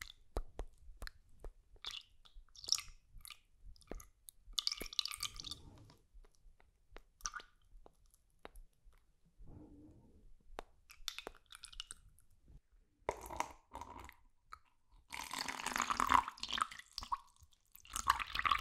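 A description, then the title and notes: Wet mouth sounds: clicks, smacks and squishy chewing noises in irregular bursts, with short quiet gaps between them. From about thirteen seconds the sounds grow denser and brighter, with louder sticky smacking toward the end. TRIGGER SOUNDS, MOUTH SOUNDS, RELAXING ASMR.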